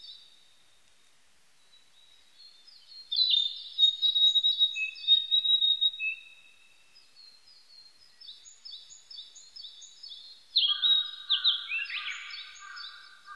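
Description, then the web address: Narcissus flycatcher song: bright high whistled phrases with quick repeated chirps and a lower rolling trill, in bursts separated by short pauses; no other clear sounds. Recorded 25 April 1998. "1998 980425 kibitaki"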